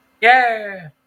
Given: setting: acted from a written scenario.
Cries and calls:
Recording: vocal sound without words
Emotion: elation

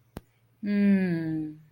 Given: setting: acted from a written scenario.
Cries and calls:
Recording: vocal sound without words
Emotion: ecstasy

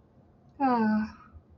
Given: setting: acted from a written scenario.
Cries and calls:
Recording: vocal sound without words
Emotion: contentment

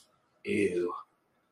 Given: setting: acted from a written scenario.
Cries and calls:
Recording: vocal sound without words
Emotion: disgust

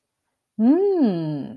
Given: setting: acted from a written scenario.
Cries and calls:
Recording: vocal sound without words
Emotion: interest

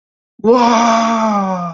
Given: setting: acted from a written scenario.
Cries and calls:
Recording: vocal sound without words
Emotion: awe

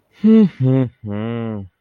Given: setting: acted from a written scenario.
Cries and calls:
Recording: vocal sound without words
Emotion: contempt

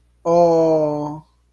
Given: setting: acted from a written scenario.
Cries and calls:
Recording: vocal sound without words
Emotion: adoration

